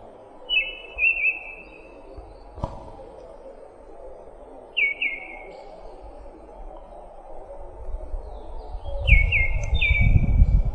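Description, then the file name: Orange-headed thrush song: a few short whistled phrases that slide slightly downward, spaced several seconds apart, with a low rumble near the end. "suara kicauan burung anis kuning omkicau"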